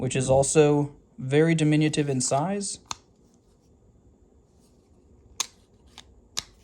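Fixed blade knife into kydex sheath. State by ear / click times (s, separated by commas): seated / 6.4 s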